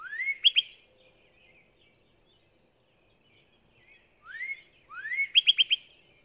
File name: Northern Cardinal